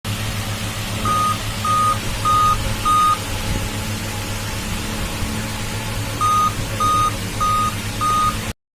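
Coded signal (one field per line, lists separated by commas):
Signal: beep code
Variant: Dell laptop BIOS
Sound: four short mid-pitched beeps, a pause, then four more beeps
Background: low electrical hum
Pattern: 4 short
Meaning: Four beeps on a Dell laptop signal a memory (RAM) failure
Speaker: किसी भी डेल के लैपटॉप में अगर फ बप का प्रॉब्लम आता है तो आप एक बार अपने लैपटॉप का रम को क्रॉस चेक करेंगे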